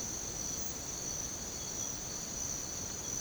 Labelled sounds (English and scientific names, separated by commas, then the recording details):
none
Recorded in secondary vegetation near Puerto Asís, Putumayo, Colombia, on 18 December 2024 at 04:00
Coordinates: 0.489, -76.322
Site G059